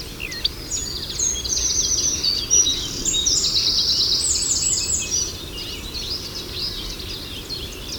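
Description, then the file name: Eurasian wren song: a loud, rapid, high outpouring of trills and sharp notes lasting about four seconds, over a steady low background rumble. "Zaunkoenig"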